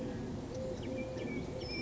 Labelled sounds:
Eurasian Collared Dove (Streptopelia decaocto)
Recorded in Sonoma County, California

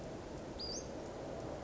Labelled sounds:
Western Flycatcher (Empidonax difficilis)
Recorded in Sonoma County, California

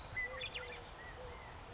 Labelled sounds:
California Quail (Callipepla californica)
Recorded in Sonoma County, California

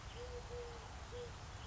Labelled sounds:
Eurasian Collared Dove (Streptopelia decaocto)
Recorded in Sonoma County, California

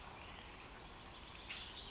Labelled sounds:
Western Flycatcher (Empidonax difficilis)
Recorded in Sonoma County, California

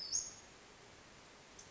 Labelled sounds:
Western Flycatcher (Empidonax difficilis)
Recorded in Sonoma County, California

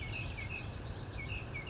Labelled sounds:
Western Flycatcher (Empidonax difficilis)
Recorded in Sonoma County, California

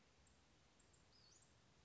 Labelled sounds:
Western Flycatcher (Empidonax difficilis)
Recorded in Sonoma County, California

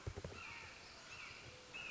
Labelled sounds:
Red-shouldered Hawk (Buteo lineatus)
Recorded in Sonoma County, California

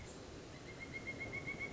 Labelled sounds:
Pileated Woodpecker (Dryocopus pileatus)
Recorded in Sonoma County, California

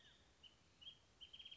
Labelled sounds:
California Quail (Callipepla californica)
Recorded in Sonoma County, California

